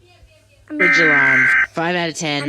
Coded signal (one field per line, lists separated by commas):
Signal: Emergency Alert System (SAME) tones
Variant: header bursts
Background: speech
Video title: Rating eas alarms